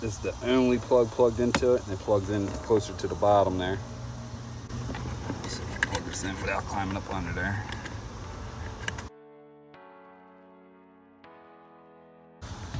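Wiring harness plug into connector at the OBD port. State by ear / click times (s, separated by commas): seated / 8.9 s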